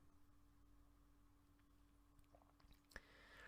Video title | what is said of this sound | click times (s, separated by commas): Matchbox No.12 Land Rover Safari - Custom Restoration | a dead one is snapped into place I make sure the wheels roll and they actually roll straight | 2.9 s, 3.0 s